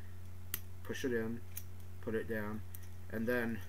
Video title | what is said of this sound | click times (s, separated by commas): Movie Landmine Review | go down and it clicks into place. They don't always stay in that well though, so push | 0.5 s